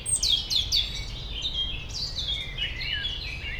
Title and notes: Dans le bois de Memard 73100 Aix-les-Bains, France - rouge gorge. Un rouge gorge au premier plan entouré de merles et autre oiseaux dans ce petit bois, en zone péri urbaine, arrière plan de la rumeur de la ville et des bateaux sur le lac